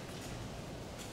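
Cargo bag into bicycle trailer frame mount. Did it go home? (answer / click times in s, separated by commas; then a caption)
no / none. A cargo bag is handled while being fitted onto the mount of a bicycle trailer frame, giving a steady, low broadband rustle with no sharp hits. Nothing has seated or snapped into place yet.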